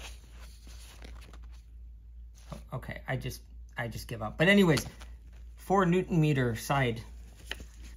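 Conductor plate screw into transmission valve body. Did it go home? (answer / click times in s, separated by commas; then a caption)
yes / 7.5 s. A conductor plate screw is tightened into the valve body of a T1N Sprinter 722.6 automatic transmission with a small torque wrench set to 4 Nm. Someone talks throughout, with quieter ticks and handling sounds early on. The wrench breaks over with a sharp click at 7.5 s, confirming the screw has reached 4 Nm.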